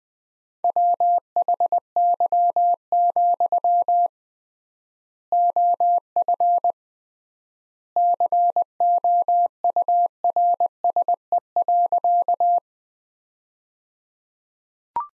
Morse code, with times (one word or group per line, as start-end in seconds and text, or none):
0.6-4.1 WHY,
5.3-6.7 OF
8.0-12.6 COURSE.